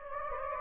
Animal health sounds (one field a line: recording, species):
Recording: mosquito wingbeat signal from an infrared sensor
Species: Anopheles gambiae